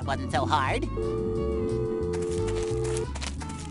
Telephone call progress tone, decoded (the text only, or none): dial tone